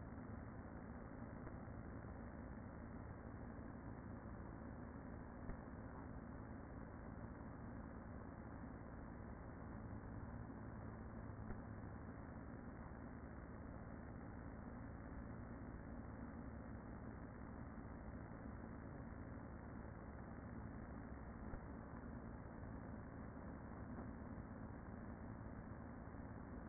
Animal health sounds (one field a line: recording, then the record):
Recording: honeybee colony, microphone inside the hive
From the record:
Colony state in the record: queen present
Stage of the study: after two queens were removed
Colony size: about 40,000 bees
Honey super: no